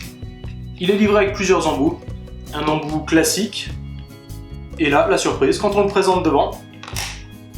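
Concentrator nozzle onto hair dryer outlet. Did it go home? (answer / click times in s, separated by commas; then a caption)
yes / 6.8 s. A concentrator nozzle is held up to the front of a Dyson Supersonic hair dryer and is pulled onto the outlet by its magnet. Someone talks over background music, and a short sharp click at 6.8 s marks the nozzle snapping into place by itself.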